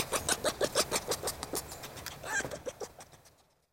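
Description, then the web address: Red fox chatter: a fast run of hoarse pulses, fading out at the end. "Wildlife Sounds. Red Fox"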